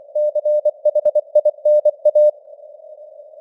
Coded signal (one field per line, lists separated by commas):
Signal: Morse code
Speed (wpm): 24 wpm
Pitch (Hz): 600 Hz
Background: none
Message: CHINA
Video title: Morse Code News | 2025-12-12 | 24wpm